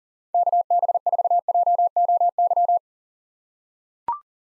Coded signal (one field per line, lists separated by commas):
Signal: Morse code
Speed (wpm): 40 wpm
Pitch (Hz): 700 Hz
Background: none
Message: KB4JOY